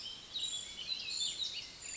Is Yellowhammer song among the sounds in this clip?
no